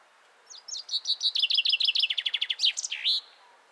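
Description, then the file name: Common chaffinch song: a short series of thin notes builds into a fast, evenly repeated rattling trill that drops slightly in pitch and ends in a brief rising flourish. "Fringilla coelebs"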